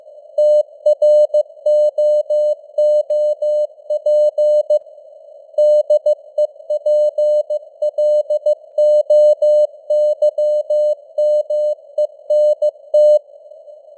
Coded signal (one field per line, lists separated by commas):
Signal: Morse code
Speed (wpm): 15 wpm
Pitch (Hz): 600 Hz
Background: none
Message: TROOP DEPLOYMENT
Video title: Morse Code News | 2026-01-10 | 15wpm